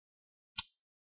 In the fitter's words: just a little bit to just get that ping crack up